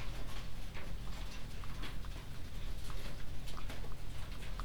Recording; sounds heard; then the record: poultry house recording; healthy chickens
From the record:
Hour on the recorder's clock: 21